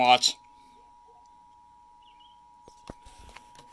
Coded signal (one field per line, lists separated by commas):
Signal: Emergency Alert System (SAME) tones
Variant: 853 and 960 Hz attention tone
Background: speech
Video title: EAS 1432 SVA #48